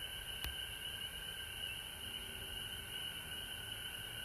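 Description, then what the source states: Chorus of frogs making a level, nonstop trill at two pitches, broken once by a sharp click just before the half-second mark. Recorded at home in Georgia on March 19, 2020.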